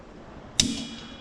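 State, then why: Seated. A brake spring tool stretches a steel return spring over the anchor pin of a rear drum brake shoe. At 0.6 s the spring snaps onto the anchor with a sharp metallic ping that rings briefly, and it is seated.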